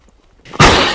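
A brief quiet lead-in and a short, rising intake of breath give way to one sudden, loud, hissing burst of air. A single adult sneeze, cut off just after the explosive release.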